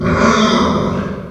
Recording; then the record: squeal of a Yucatan mini pig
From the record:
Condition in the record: after surgery on the right vocal fold (resection and tissue-engineered implant); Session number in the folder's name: 15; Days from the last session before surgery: 175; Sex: female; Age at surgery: 19 weeks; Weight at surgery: 25 kg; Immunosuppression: prednisolone